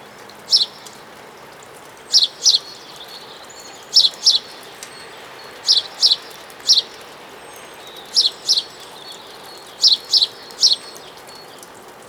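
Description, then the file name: House sparrow giving sharp high chirps, mostly doubled, spaced irregularly throughout above a constant faint background hiss. "Passer domesticus"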